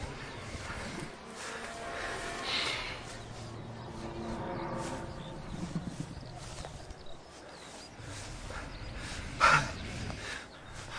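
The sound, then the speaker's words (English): Heavy, laboured breathing from a large, glistening creature crouched in a doorway, slow rasping breaths swelling and fading in a steady heaving rhythm, with a sharper snorting burst near the end and no voices. “It's breathing.”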